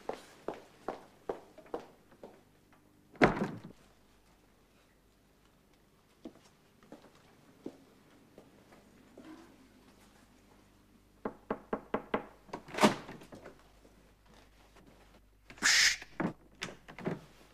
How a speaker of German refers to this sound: Ich habe geklopft und geklopft und war bereits nahe daran zu verzweifeln.